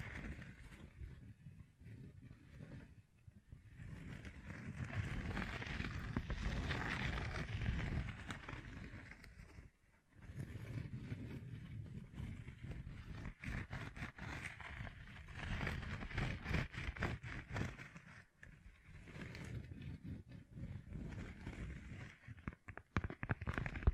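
Fingertips covered in gems scratch and tap in dense, rough bursts, with a rasping low rumble under a gritty hiss. Brief pauses fall near 3, 10 and 18 seconds, and the second half turns choppier, with quick clicking taps scattered through the scraping.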